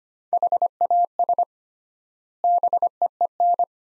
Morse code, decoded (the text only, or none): HAS BEEN